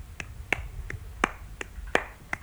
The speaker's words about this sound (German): Ein schwerer und ein leichter Klatscher, also etwas Tänzerisches, etwas Federndes.